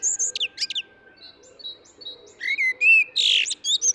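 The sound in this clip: Eurasian blackbird giving high thin notes, then a short fluted whistle phrase that ends in a harsh, squeaky burst.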